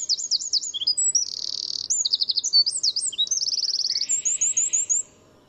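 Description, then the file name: Eurasian wren in continuous song: very high, rapid trills, fast rattles and swooping notes chained for about five seconds, then silence. "Troglodytes troglodytes"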